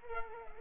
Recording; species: mosquito wingbeat signal from an infrared sensor; Culex pipiens